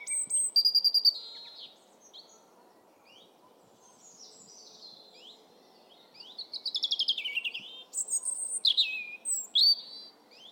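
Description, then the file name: European robin singing high whistles and fast rattling trills in two bursts separated by a quiet pause, with faint low background noise. "Erithacus rubecula"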